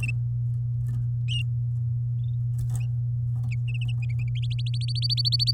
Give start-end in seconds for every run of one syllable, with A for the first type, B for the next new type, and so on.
4.58-5.51 A